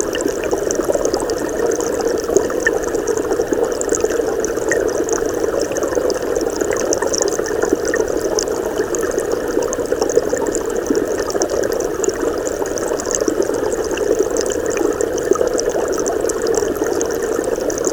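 A creek recorded from underwater, its flow a steady, dense rushing centered in the low-middle range. Countless tiny clicks and ticks scatter across the whole span, with a faint bright hiss above, and the level holds even throughout without any distinct events.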